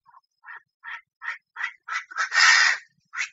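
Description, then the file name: Chinese francolin calling: evenly spaced rasping notes that grow steadily louder, ending in one long, harsh squawk and a final note. Female calling in Thailand. "tieng chim da da mai goi trong thai lan"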